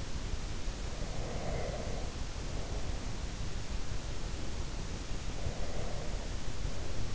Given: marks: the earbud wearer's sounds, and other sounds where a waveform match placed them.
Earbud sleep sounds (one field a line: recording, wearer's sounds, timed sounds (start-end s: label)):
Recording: sounds in sleep by an in-ear microphone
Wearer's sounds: breath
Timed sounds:
0.80-2.91 s: breath
5.33-7.15 s: breath